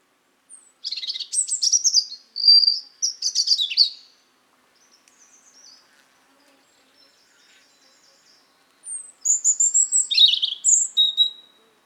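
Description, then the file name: European robin song: two high, jumbled phrases of thin whistles, trills and sharp squeaky notes, the first lasting about three seconds, then a pause before the second. "Erithacus rubecula"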